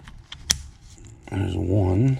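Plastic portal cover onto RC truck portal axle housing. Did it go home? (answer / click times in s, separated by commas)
yes / 0.5 s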